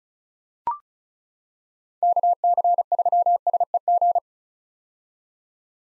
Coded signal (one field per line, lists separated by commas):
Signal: Morse code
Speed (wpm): 34 wpm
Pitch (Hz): 700 Hz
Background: none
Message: KC3SEG